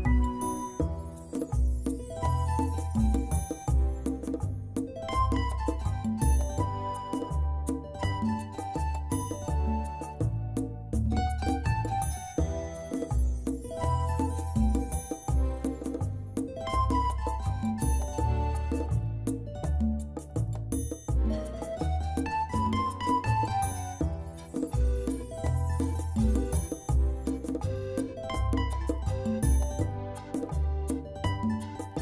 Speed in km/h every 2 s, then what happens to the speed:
139, 137, 136, 136, 137, 134, 130, 125, 120, 112, 104, 94, 85, 74, 65, 56.
0-9 steady at about 137. 9-32 brakes to 56.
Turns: none.